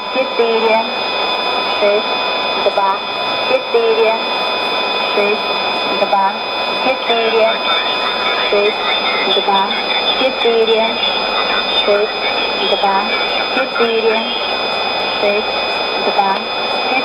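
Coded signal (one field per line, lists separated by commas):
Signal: numbers station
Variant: S06s, Russian female voice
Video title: 04 08 2016 Number station S06s Russian Lady to Eu 0910 on 7161 unknown tx site CUSB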